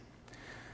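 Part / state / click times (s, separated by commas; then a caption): mode selector in a cable stripping tool / seated / 0.3 s. The mode selector on a Jonard Tools round cable strip and ring tool is switched between its ringing, spiral cut and slitting modes and locks into place. A single small click is heard at 0.3 s over a low steady background hum. The selector is seated.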